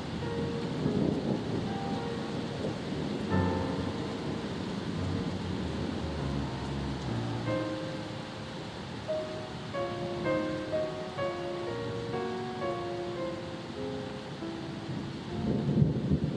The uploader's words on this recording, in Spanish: Los sonidos tranquilos de una tormenta en el mar, acompañados de música relajante. La armoniosa mezcla de la tormenta y las olas.